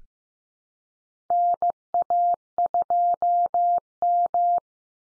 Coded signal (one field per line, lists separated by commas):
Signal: Morse code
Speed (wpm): 15 wpm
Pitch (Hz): 700 Hz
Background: none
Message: NA2M